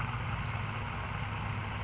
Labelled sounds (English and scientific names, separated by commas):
California Towhee (Melozone crissalis)